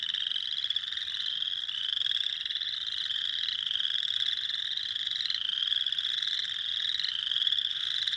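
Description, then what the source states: Spring peepers calling together, a constant wall of high, sharp rising peeps. Several spring peepers, recorded 6 April 2021.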